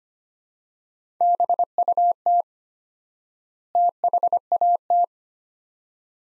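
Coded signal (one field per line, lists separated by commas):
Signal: Morse code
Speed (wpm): 25 wpm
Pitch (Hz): 700 Hz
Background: none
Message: BUT THAT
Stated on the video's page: Morse practice of two-word sets at 25 wpm with 4x word spacing, a Farnsworth-like method applied to words, for head-copy training.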